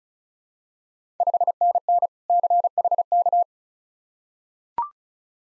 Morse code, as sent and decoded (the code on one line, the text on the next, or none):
..... -. -. / -.-. .... -.-
5NN CHK